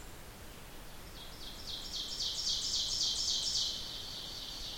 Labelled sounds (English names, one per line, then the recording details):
Ovenbird song
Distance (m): 45 m
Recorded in boreal forest in Alberta, Canada, on 14 June 2016 at 06:34
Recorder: SongMeter 3, array SBT-3-33
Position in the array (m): 129 m, 36 m
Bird 21